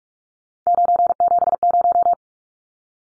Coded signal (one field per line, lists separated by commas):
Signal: Morse code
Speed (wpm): 44 wpm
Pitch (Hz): 700 Hz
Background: none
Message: 970